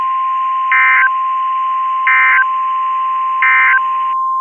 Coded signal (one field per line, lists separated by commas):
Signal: Emergency Alert System (SAME) tones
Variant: end-of-message bursts